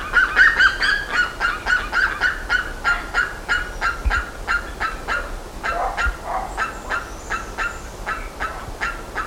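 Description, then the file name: Bird calling with a fast series of short, harsh, mid-pitched notes in an unbroken run. "SABIOD 50 bird 2015"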